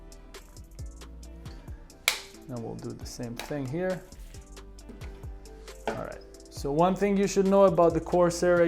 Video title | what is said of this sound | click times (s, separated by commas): How to Replace Ear Pads on Corsair HS60 and Other Corsair Headsets | apply some pressure to pry it you will hear a click that means it's getting out of place | 2.1 s